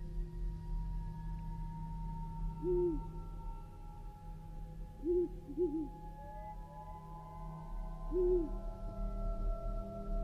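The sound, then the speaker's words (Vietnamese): An owl hoots from far off in a gloomy, still forest of palms and old mangroves by a river: four low, short hoots, one doubled, spaced unevenly over a steady low hum and faint droning tones, with no voices. “Thỉnh thoảng lại có tiếng chim cú đâu đó từ xa, rúc vọng lại như là đang gọi bầy.”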